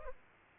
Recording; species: mosquito wingbeat signal from an infrared sensor; Culex pipiens